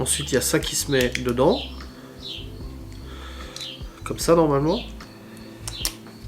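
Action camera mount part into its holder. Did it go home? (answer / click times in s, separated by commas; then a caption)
yes / 5.7 s, 5.9 s. A mounting part for an action camera is pushed into its holder while someone talks. Two sharp snaps come at 5.7 s and 5.9 s as the part clips in and seats.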